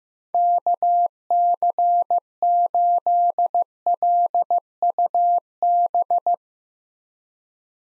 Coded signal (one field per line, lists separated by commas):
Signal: Morse code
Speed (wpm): 15 wpm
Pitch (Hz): 700 Hz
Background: none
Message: KC8LUB